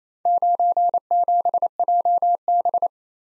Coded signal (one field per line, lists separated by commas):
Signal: Morse code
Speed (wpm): 27 wpm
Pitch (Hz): 700 Hz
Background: none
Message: 97JB